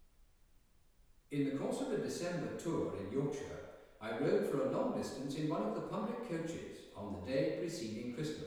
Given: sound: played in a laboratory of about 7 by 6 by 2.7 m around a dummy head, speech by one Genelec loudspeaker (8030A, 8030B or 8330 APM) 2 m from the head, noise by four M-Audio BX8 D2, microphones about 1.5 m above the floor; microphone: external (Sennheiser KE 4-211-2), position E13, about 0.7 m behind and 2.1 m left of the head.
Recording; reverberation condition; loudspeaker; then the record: male speech in English; high; 30 degrees to the right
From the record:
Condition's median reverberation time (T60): about 1300 ms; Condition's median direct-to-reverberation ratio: about -4.0 dB